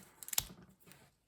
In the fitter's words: and that will snap into place